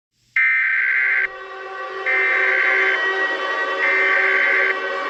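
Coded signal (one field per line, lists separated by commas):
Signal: Emergency Alert System (SAME) tones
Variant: header bursts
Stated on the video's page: Fictional EAS scenario, not a real alert.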